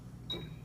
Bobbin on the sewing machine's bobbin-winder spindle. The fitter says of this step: over to the right and again you'll hear a uh snap